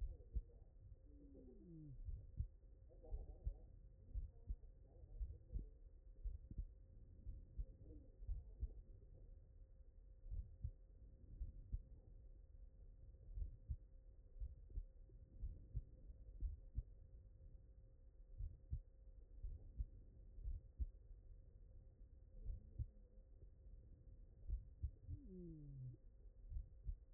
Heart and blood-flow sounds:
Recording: heart sounds by stethoscope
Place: mitral valve (MV)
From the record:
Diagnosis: non-HFrEF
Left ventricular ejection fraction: 74%

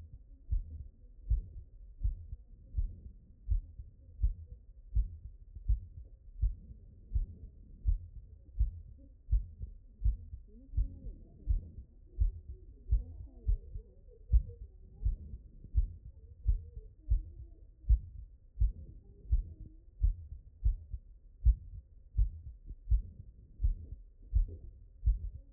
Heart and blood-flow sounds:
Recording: heart sounds by stethoscope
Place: mitral valve (MV)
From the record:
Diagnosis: non-HFrEF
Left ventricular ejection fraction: 59%

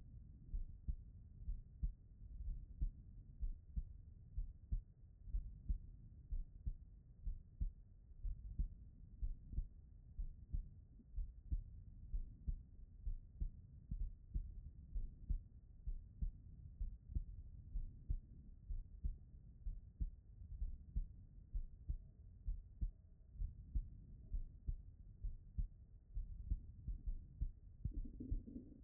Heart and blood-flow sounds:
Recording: heart sounds by stethoscope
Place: pulmonary valve (PV)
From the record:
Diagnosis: non-HFrEF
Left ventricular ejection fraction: 57%

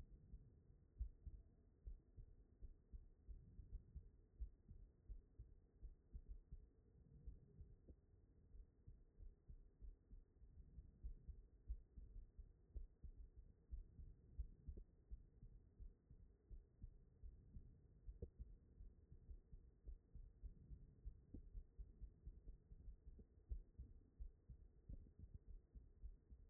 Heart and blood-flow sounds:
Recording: heart sounds by stethoscope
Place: aortic valve (AV)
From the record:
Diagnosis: non-HFrEF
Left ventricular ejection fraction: 50%

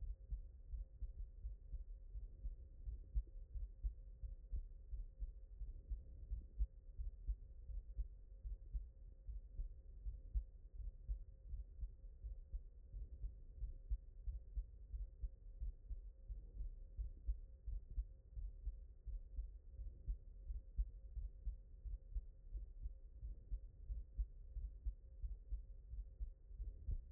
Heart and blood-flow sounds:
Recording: heart sounds by stethoscope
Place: mitral valve (MV)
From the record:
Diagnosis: HFrEF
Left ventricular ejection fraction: 30%

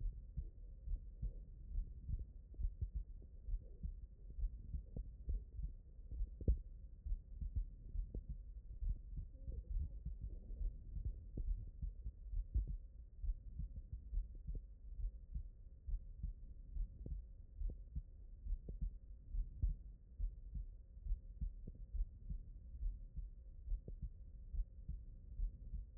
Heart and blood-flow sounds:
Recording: heart sounds by stethoscope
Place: aortic valve (AV)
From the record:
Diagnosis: non-HFrEF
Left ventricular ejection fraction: 65%

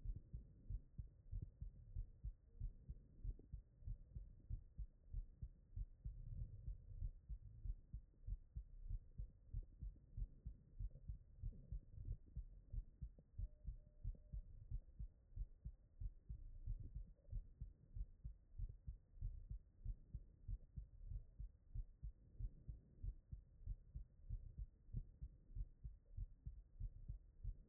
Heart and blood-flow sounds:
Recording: heart sounds by stethoscope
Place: mitral valve (MV)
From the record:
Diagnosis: non-HFrEF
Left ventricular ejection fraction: 47%

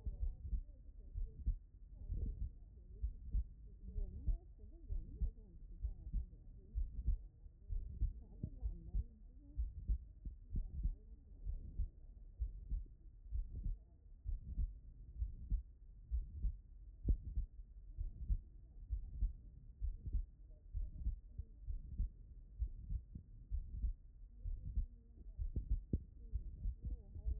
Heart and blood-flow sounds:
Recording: heart sounds by stethoscope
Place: pulmonary valve (PV)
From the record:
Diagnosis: non-HFrEF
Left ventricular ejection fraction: 64%

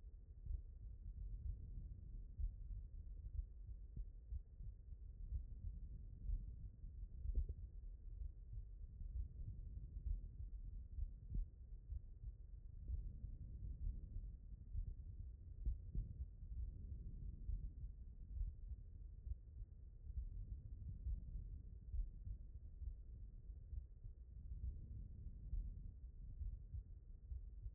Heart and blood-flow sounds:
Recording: heart sounds by stethoscope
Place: aortic valve (AV)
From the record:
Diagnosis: non-HFrEF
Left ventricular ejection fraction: 50%

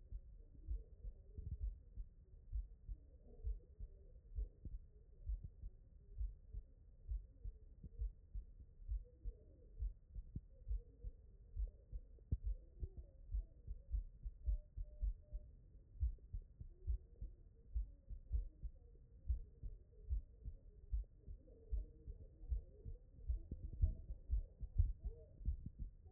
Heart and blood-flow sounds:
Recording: heart sounds by stethoscope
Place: mitral valve (MV)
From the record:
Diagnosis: HFrEF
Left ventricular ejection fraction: 40%

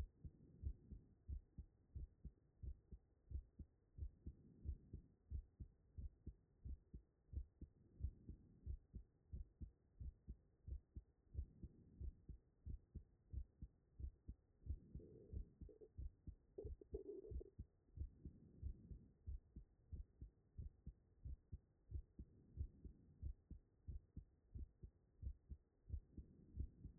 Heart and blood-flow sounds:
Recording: heart sounds by stethoscope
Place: tricuspid valve (TV)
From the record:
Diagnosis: non-HFrEF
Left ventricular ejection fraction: 72%

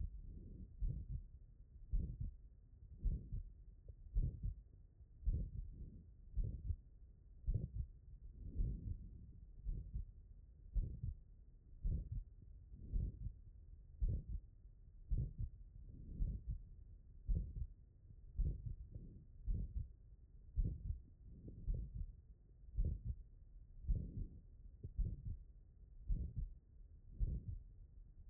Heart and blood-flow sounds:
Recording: heart sounds by stethoscope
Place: pulmonary valve (PV)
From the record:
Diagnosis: non-HFrEF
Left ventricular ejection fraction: 63%

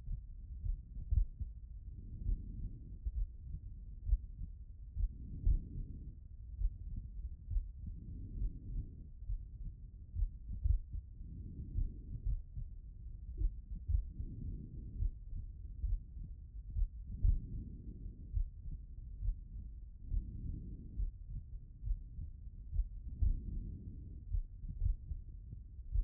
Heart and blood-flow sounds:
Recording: heart sounds by stethoscope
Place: pulmonary valve (PV)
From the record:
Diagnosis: non-HFrEF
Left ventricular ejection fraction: 49%

